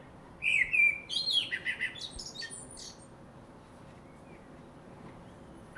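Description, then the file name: Common blackbird song: a low fluted warble sliding around, then a rising squeaky twitter, one phrase lasting about two and a half seconds before quiet. "Turdus merula"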